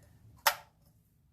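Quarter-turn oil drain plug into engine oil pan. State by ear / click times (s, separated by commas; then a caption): seated / 0.5 s. A new-style plastic twist-lock, quarter-turn oil drain plug is twisted clockwise into the engine oil pan of an F150 until it clicks home. A single sharp, bright click sounds at 0.5 s and decays quickly over a faint low hum. The plug is seated and snapped into place, so it needs no further torque.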